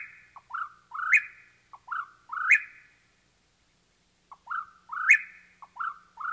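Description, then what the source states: Whip-poor-will song: several rough, burry phrases, each rising into a harsh ending note, with a pause partway through. Southwestern population singing a rough, burry song in dry woodlands of the southwest.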